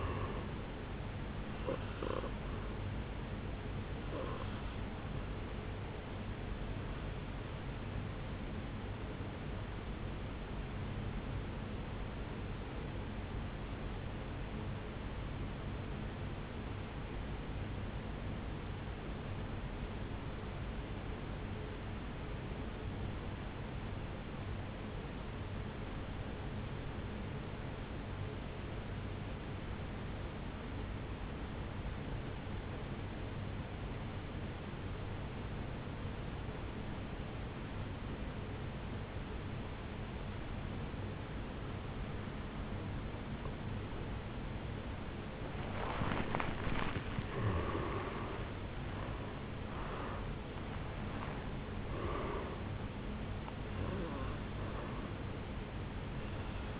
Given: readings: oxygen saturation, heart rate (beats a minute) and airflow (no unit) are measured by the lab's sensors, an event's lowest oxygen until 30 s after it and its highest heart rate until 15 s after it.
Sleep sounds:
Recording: breathing in sleep by a voice recorder at the bedside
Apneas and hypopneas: 1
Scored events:
14.00-43.10 s: obstructive apnea (N2, oxygen 97% highest, then 84% lowest, heart rate 56 at the start, 76 highest)
38.00-56.80 s: new sleep stage, N1 (lightest sleep)
From the record:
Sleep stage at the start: N2 (light sleep)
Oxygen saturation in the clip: 83 to 97%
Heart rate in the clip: 54 to 76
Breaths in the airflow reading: 6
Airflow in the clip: -15.6 to 8.2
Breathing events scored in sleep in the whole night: 449 in 7.0 hours asleep

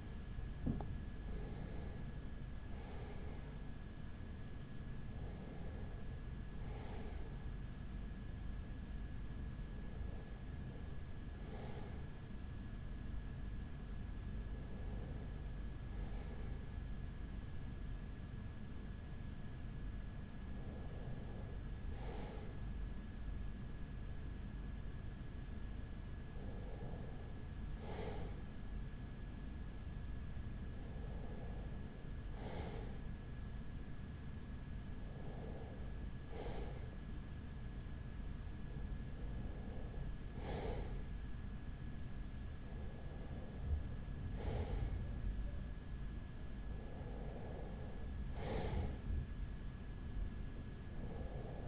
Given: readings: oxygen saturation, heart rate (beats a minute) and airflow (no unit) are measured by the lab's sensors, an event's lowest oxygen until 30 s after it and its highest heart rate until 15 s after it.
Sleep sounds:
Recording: breathing in sleep by a smartphone at the bedside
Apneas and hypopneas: none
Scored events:
none scored
From the record:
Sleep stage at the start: REM sleep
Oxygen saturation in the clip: 94 to 96%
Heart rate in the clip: 38 to 51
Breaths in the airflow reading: 11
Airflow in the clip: -5.4 to 5.0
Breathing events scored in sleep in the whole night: 207 in 7.6 hours asleep

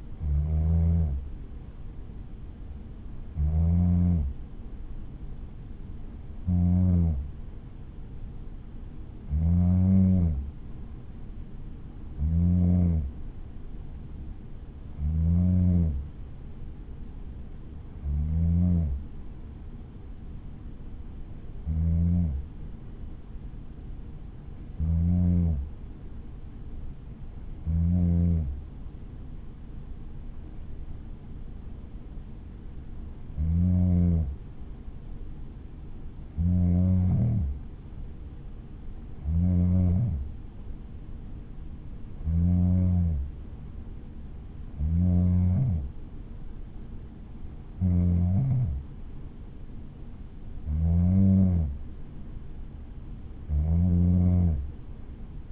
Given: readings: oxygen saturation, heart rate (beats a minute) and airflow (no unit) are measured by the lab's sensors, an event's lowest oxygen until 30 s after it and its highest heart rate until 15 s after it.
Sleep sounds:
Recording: breathing in sleep by a smartphone at the bedside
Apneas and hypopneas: none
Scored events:
none scored
From the record:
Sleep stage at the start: N2 (light sleep)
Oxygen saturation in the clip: 93 to 94%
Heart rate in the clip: 61 to 69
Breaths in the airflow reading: 18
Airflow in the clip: -5.6 to 4.8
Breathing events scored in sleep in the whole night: 216 in 7.0 hours asleep

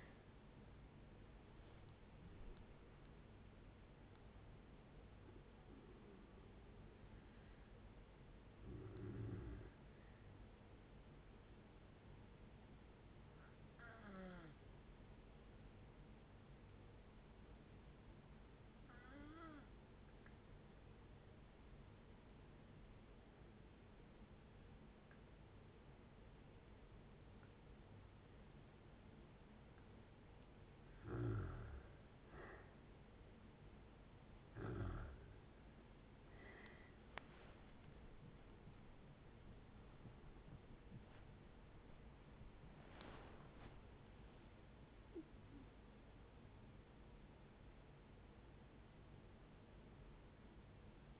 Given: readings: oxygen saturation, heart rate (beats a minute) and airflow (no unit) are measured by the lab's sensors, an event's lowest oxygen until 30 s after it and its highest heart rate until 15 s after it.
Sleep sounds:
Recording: breathing in sleep by a voice recorder at the bedside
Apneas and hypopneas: 1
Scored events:
12.00-32.40 s: hypopnea (N1, oxygen 96% highest, then 83% lowest, heart rate 61 at the start, 82 highest)
From the record:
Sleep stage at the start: N1 (lightest sleep)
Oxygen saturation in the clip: 83 to 96%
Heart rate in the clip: 58 to 82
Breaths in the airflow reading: 7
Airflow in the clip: -11.7 to 15.6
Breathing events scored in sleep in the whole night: 496 in 5.4 hours asleep

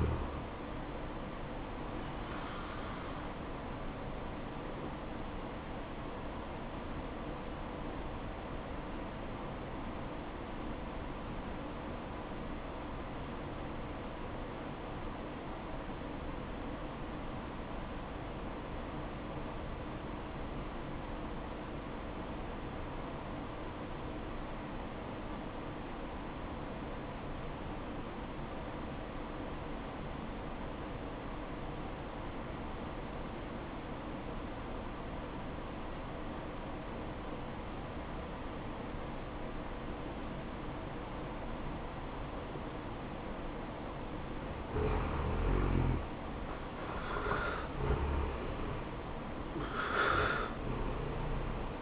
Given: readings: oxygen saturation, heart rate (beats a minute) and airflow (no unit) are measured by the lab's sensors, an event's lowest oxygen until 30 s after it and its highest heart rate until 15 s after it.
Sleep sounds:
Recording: breathing in sleep by a voice recorder at the bedside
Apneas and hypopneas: 1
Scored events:
4.00-45.50 s: obstructive apnea (REM, oxygen 93% highest, then 74% lowest, heart rate 72 at the start, 76 highest)
From the record:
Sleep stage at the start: REM sleep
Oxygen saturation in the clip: 72 to 93%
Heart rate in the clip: 55 to 80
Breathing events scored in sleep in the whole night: 573 in 9.8 hours asleep

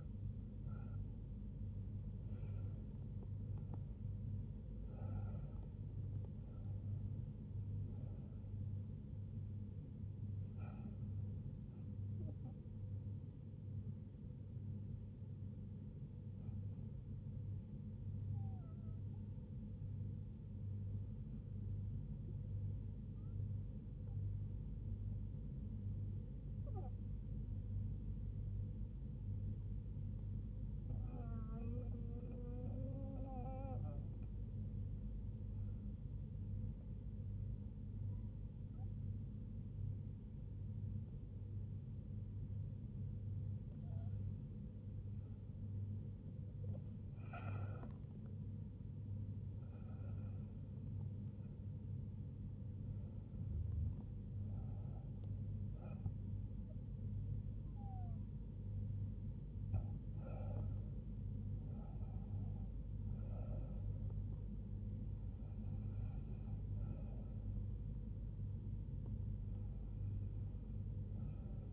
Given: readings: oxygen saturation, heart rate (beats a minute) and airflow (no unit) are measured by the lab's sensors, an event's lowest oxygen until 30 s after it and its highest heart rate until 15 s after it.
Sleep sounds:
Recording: breathing in sleep by a smartphone at the bedside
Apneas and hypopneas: 1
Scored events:
18.00-46.00 s: hypopnea (N1, oxygen 97% highest, then 93% lowest, heart rate 72 at the start, 80 highest)
From the record:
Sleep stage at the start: N1 (lightest sleep)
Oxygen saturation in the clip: 91 to 97%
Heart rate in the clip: 69 to 80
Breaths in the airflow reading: 15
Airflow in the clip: -6.6 to 6.2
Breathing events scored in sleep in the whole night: 158 in 7.3 hours asleep

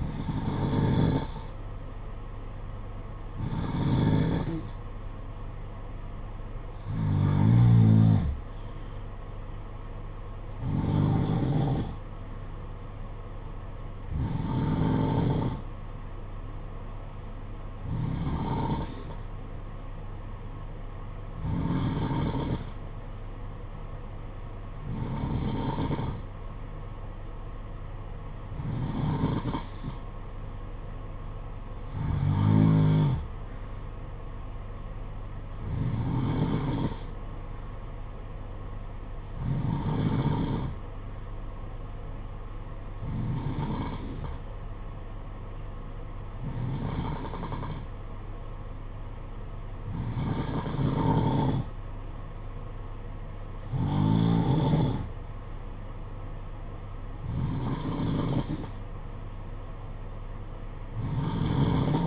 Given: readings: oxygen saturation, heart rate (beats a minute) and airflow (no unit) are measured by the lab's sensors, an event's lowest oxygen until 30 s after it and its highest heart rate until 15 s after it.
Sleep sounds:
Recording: breathing in sleep by a smartphone at the bedside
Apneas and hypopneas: none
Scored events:
none scored
From the record:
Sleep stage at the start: N2 (light sleep)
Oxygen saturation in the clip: 90 to 92%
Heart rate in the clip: 54 to 60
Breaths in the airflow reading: 17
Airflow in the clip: -6.6 to 5.4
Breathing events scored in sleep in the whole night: 476 in 9.7 hours asleep

